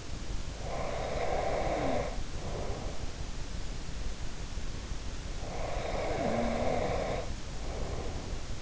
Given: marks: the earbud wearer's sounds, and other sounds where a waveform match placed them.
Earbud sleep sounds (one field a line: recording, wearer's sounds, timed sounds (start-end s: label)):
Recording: sounds in sleep by an in-ear microphone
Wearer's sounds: breath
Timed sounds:
0.60-3.36 s: breath
5.41-8.62 s: breath